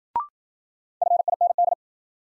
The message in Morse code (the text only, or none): FIND